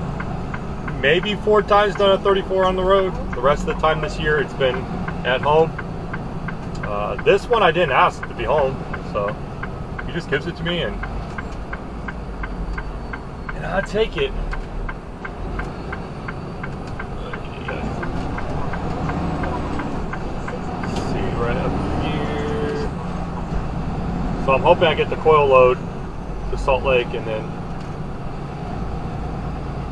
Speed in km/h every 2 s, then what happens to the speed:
52, 45, 44, 37, 29, 23, 16, 15, 11, 19, 26, 26, 27, 26, 24.
0-15 slows to 11. 15-20 speeds up to 26. 20-30 steady at about 26.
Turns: 10-16.